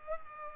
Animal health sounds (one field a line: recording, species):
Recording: mosquito wingbeat signal from an infrared sensor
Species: Culex pipiens